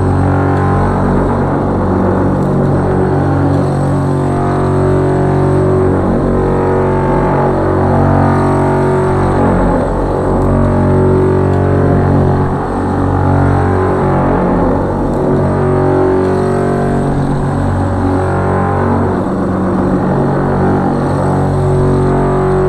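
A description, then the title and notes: A drill bores into a basement wall, its motor running steadily for the whole stretch with a dense, grinding low hum and stacked tones in the low and middle range. The pitch and load waver slightly, dipping briefly around the twelve-second mark, with a faint high whine above. The sound of Willy drilling a hole in the exterior wall of the basement to put in a new spigot. Recorded by Dan Bodah in his kitchen, Brooklyn NY, March 2009.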